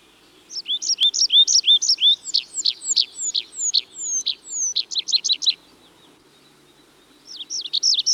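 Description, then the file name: Tree pipit singing a quick series of sharp chirps and down-slurred whistles, pausing for about two seconds before starting another chirping phrase. "Tree Pipit (Anthus trivialis)"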